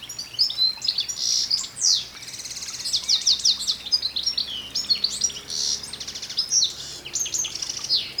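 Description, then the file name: European goldfinch chattering steadily, with liquid high twitters, quick trills and nasal buzzes running almost without pause for the whole stretch. "Carduelis carduelis"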